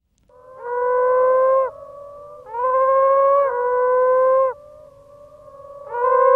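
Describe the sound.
Moaning frog calls: long, steady moans, each lasting over a second, with fainter moans between them, in a quiet background.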